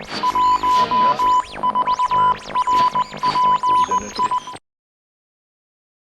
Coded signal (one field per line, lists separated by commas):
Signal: Morse code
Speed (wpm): 19 wpm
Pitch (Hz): 1000 Hz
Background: music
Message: 14RPI